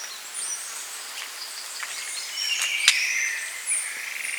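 Bird calls in a busy chorus: scattered high whistles, short chirps and a sharp snap, with a faint pulsing trill near the end.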